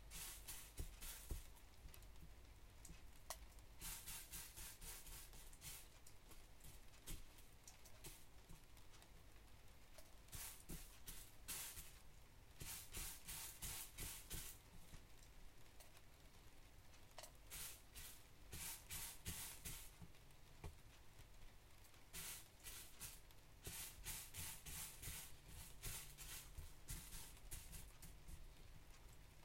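Wheat being sorted on a drizzly day: hissing, rattling bursts of grain every second or two over a steady low hum and soft rain.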